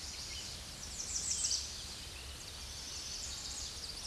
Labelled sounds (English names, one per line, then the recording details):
American Redstart song
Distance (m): 20 m
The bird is about 10 m above the microphone
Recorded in a Pennsylvania forest on 16 May 2024 at 07:41
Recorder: AudioMoth, point MSD-0827
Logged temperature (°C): 12.1 °C
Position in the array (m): 127 m, 215 m